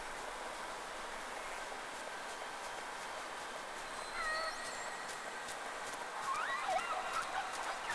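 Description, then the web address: Whale calls: a few faint, tonal whistles, some rising and some wavering, heard in the second half over a steady hiss of sea noise and scattered clicks. Sea recording made 3 October 2006 around 11:30, with two whales noted. "Sea Snake 10-3-06 Whales X 2"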